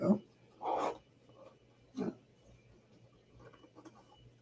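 Someone talks briefly while handling an assembly piece on the item being built, followed by quiet rustling and small tapping handling noises. Nothing has seated or clicked into place yet.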